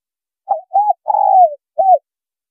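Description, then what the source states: Spotted dove calling one full phrase: two short hooted notes, a long coo that slides downward, then a single short note at the end. Female bird.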